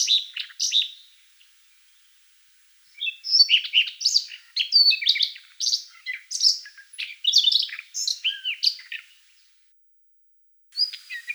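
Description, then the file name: Siberian rubythroat song: bursts of varied, scratchy and whistled warbling notes, high and rapidly changing, with a brief pause before a long rich phrase and a short final snatch. "solovey krasnosheyka golos"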